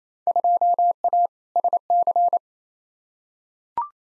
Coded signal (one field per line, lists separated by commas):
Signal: Morse code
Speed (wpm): 28 wpm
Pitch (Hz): 700 Hz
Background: none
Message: 2A SC